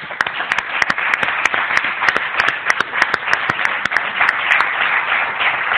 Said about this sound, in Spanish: Noches como esta. Y gente como esta, que está con nosotros. A ellos el aplauso